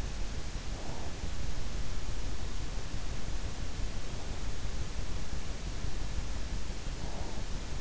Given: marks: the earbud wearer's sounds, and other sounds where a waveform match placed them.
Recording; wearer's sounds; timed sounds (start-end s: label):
sounds in sleep by an in-ear microphone; breath
0.52-1.59 s: breath
3.74-4.85 s: breath
6.60-7.81 s: breath